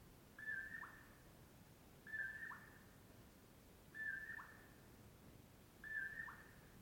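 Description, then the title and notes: Common Poorwill song: a mellow whistled poor-will-low phrase repeated about every two seconds, four times, over a quiet hissing background. Wild bird at dawn off Brewton Road near Colockum Pass, heard before other morning birds; crepuscular nightjar with a mellow poor-will-low song. "Colockum Wildlife, dawn. In the morning I awoke to the mellow “poor-will-low” of a Common Poorwill"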